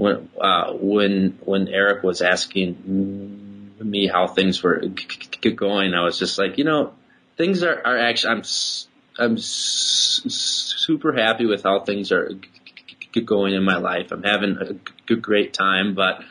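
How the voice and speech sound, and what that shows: An adult man who stutters frequently speaks conversationally in bursts broken by disfluencies: a repeated "I'm, I'm", a long hissed "s" stretched before "super", drawn-out vowels and silent pauses mid-phrase. This is developmental stuttering with repetitions, prolongations and blocks.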